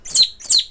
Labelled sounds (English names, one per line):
Stitchbird song